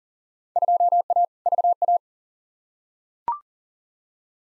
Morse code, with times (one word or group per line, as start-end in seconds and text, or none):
0.6-1.2 2A
1.5-2.0 VA